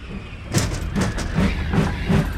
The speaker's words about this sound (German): Um Gottes Willen, Kotzi, der Zug!